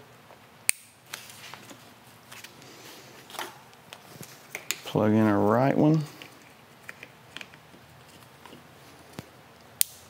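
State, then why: Seated. Someone talks while the right handlebar harness plug on a 2008-2013 Street Glide is pushed into its mating stock harness connector during a handlebar install, with small handling clicks along the way. A sharp, loud click at 9.8 s marks the plug seating.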